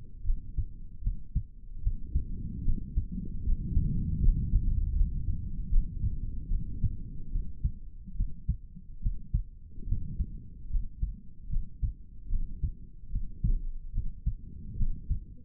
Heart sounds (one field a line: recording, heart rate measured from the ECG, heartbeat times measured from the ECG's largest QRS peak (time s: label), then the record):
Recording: heart sounds by stethoscope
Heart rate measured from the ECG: 74 bpm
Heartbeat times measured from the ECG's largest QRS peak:
0.24 s: heartbeat
1.01 s: heartbeat
1.81 s: heartbeat
2.63 s: heartbeat
3.43 s: heartbeat
4.19 s: heartbeat
4.94 s: heartbeat
5.69 s: heartbeat
6.48 s: heartbeat
7.30 s: heartbeat
8.15 s: heartbeat
9.01 s: heartbeat
9.87 s: heartbeat
10.70 s: heartbeat
11.49 s: heartbeat
12.29 s: heartbeat
13.10 s: heartbeat
13.92 s: heartbeat
14.76 s: heartbeat
From the record:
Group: healthy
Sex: male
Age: 55 years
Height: 167 cm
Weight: 57.2 kg